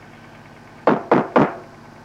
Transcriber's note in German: Klopfen